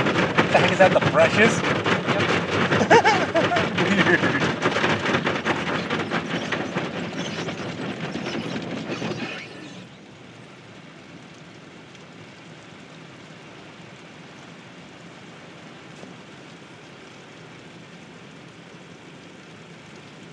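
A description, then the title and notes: At a car wash, a loud, dense rush of spraying and mechanical rumble fills the first nine seconds, with busy crackling and churning throughout. Around the nine-second mark it cuts off abruptly, leaving a much quieter, steady hiss for the remainder. Car wash!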